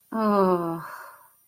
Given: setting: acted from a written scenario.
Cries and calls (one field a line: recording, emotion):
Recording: vocal sound without words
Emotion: shame